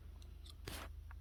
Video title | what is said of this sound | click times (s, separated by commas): February 2024 - Los Algodones Dentist and Optical | and you hear that little click? It's in there. It's not going to move. | 0.7 s